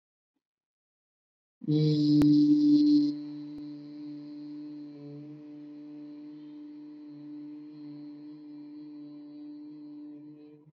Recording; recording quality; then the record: sustained vowel as in beet; excellent, no background noise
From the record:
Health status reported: COVID-19 positive, mild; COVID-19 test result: positive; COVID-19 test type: RT-PCR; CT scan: not taken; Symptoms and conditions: cough, cold, muscle pain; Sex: male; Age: 25 years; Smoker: no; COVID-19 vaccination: both doses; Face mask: worn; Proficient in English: yes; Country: India